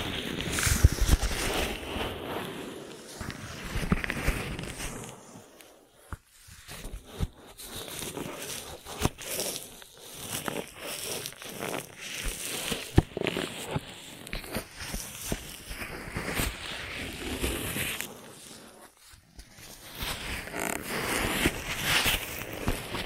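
An ear massage of close rubbing, brushing and soft scratching in dense, shifting bursts, with brief quiet gaps near six and nineteen seconds.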